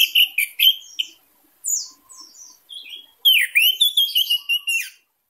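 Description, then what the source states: Orange-headed thrush song of loud clipped notes, thin falling whistles, then a rich rapid burst of slurred, looping whistles. Indonesian name anis merah; singing intensely, described with the bird-keeping song terms teler, gacor and dor.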